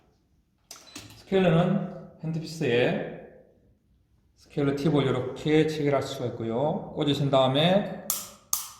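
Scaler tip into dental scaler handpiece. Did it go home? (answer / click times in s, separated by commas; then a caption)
yes / 8.5 s. Someone talks while a scaler tip is pushed into the handpiece of a COMBI touch dental scaling unit. Two sharp, wood-block-like hits follow near the end, and the second is louder and very short. The tip clicks into the handpiece and seats at 8.5 s.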